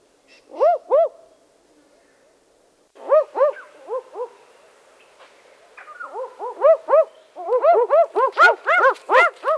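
Barking owl barking in quick doubled 'wook-wook' notes, sparse at first, then building into a dense run of overlapping barks near the end.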